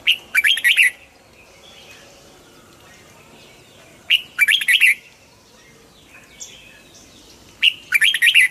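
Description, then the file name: Red-whiskered bulbul song: three loud, bubbling warbled phrases, each about a second long, spaced roughly three to four seconds apart. Hue strain red-whiskered bulbul singing in the double-voice style (giọng kép). "Tieng chao mao hue hot giong kep"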